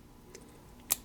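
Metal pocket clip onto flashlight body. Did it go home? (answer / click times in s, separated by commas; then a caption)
yes / 0.9 s. A metal pocket clip is pushed onto the body of an Olight PERUN MINI small flashlight, one side of the clip pressed into its groove. A faint tick is heard at 0.4 s, then a sharp, bright pop at 0.9 s as that side of the clip snaps into place and is seated.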